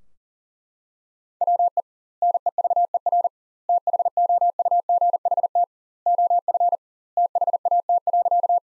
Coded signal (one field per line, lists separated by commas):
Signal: Morse code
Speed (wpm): 37 wpm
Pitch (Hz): 700 Hz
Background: none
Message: WE NEVER THOUGHT OF THAT.